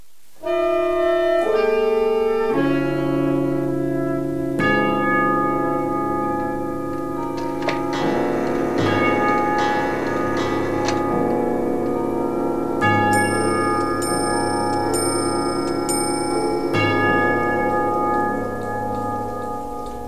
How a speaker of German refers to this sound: Uhren schlagen. Nicht für mich. Tote brauchen keine Uhren.